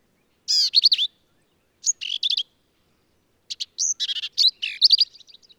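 Black-capped vireo song, a varied jumble of harsh chatters, slurred whistles and buzzy notes in quick phrases with short gaps between them.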